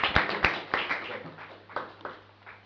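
A small group claps with uneven, overlapping hand strikes, a scattered burst of applause welcoming a family before an interview at the Manav Chetna Vikas Kendra, staying fairly steady for a couple of seconds, with some faint voices in the background.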